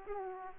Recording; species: mosquito wingbeat signal from an infrared sensor; Aedes aegypti